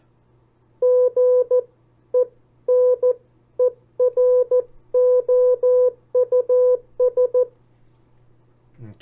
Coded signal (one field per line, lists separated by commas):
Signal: Morse code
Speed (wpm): 14 wpm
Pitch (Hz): 500 Hz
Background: none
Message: GENEROUS